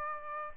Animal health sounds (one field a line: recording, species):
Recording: mosquito wingbeat signal from an infrared sensor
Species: Aedes aegypti